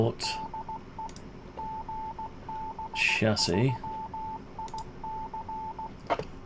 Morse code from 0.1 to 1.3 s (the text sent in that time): DE